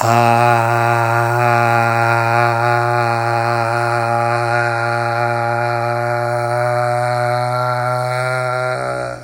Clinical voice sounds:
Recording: sustained vowel /a/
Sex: male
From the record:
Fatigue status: fatigue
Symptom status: symptomatic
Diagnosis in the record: COVID-19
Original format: m4a

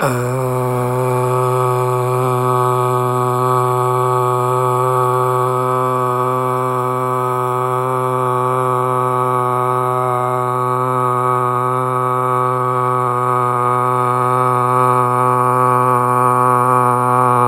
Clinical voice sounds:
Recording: sustained vowel /a/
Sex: male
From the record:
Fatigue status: no fatigue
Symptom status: symptomatic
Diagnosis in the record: COVID-19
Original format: m4a

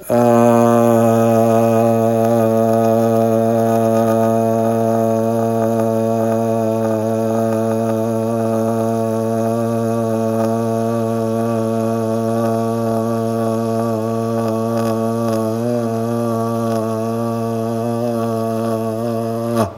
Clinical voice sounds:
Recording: sustained vowel /a/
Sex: male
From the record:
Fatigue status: no fatigue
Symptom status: asymptomatic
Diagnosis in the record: COVID-19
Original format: m4a

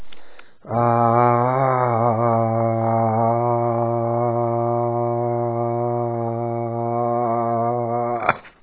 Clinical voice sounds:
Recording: sustained vowel /a/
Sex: male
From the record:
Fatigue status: fatigue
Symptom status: symptomatic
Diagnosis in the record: COVID-19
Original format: 3gp

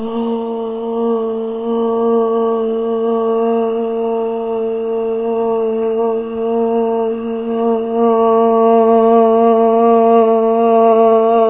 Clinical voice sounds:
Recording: sustained vowel /a/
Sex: female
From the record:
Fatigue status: fatigue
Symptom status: symptomatic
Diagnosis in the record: COVID-19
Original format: 3gp

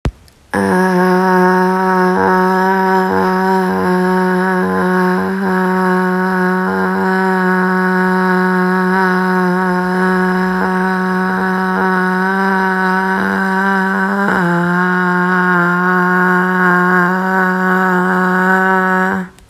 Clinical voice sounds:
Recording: sustained vowel /a/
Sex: female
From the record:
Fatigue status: no fatigue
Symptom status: asymptomatic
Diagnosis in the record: COVID-19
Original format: m4a

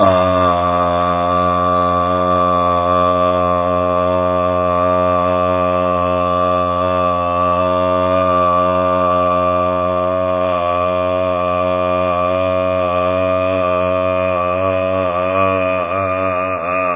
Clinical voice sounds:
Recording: sustained vowel /a/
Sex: male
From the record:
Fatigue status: no fatigue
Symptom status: symptomatic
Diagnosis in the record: COVID-19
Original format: 3gp

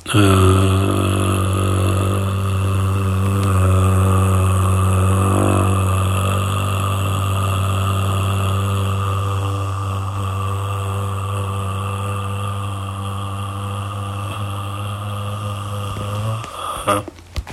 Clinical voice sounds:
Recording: sustained vowel /a/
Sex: male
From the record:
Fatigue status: fatigue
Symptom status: symptomatic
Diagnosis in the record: COVID-19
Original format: m4a

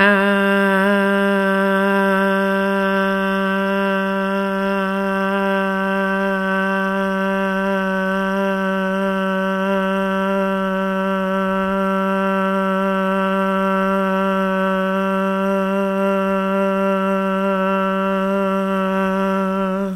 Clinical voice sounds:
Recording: sustained vowel /a/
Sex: female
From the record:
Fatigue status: no fatigue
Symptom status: asymptomatic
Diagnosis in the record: COVID-19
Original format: m4a

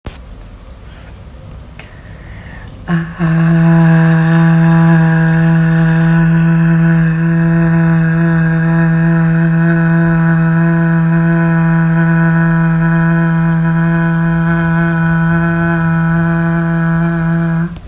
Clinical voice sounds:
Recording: sustained vowel /a/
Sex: female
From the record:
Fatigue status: no fatigue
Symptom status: symptomatic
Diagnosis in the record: COVID-19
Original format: m4a

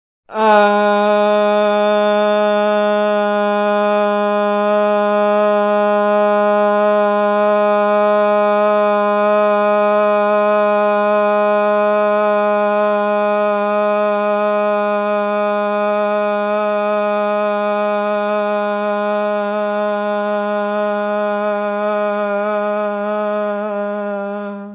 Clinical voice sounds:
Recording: sustained vowel /a/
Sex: male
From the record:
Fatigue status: no fatigue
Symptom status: asymptomatic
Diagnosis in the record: COVID-19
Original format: 3gp

